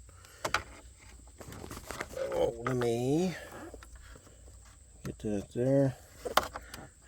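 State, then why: Seated. An auto-stop eliminator's wiring plug for a 2021 Bronco is pushed into the mating connector on the vehicle's auto-stop switch harness while someone talks. Several small clicks and knocks come before a sharp click at 6.4 s, and the plug seats in the connector.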